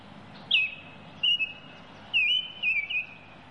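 Baltimore oriole giving clear whistled notes, some slurred downward and some held level, in a few quick bursts over faint background noise.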